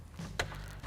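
A fog light bulb for a 2010–2014 Volkswagen GTI is aligned into the fog lamp housing hole and twisted. A low rustle rises around 0.2 s, then a sharp click at 0.4 s as the bulb locks in place and seats.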